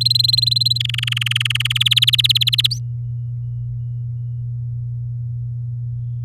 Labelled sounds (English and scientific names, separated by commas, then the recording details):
Domestic Canary (Serinus canaria) song
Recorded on 8 May 2018 at 10:25
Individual llb16